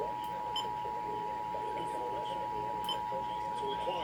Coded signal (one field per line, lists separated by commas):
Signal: Emergency Alert System (SAME) tones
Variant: 853 and 960 Hz attention tone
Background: speech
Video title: (EAS #521-526) Severe weather alerts and one Required Monthly test from 1/3/2023